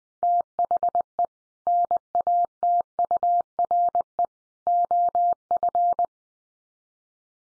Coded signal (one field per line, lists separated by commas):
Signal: Morse code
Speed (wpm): 20 wpm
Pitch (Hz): 700 Hz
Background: none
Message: THE NATURE OF